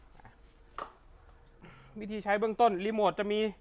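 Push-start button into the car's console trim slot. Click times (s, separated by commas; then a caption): 0.8 s. A genuine push-start button for a 2020–2023 D-Max or MU-X, part of a 100% plug-in install, is pressed into its opening in the left console panel, plastic into a plastic trim slot. After faint low taps, a single sharp snap at 0.8 s marks the button seating home. Someone then starts talking from about 2.0 s.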